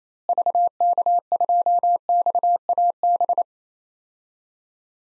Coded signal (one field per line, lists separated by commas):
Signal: Morse code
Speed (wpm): 28 wpm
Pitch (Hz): 700 Hz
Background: none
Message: VK2XAB